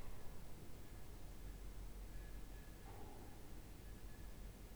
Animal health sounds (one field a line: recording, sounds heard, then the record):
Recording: poultry house recording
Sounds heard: no chicken sound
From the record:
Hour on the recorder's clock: 15